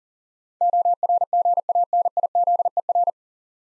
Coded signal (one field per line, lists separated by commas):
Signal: Morse code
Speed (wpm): 39 wpm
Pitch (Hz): 700 Hz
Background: none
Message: ORGANIZER